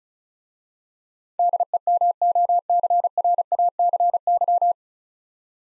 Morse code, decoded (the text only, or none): DEMOCRACY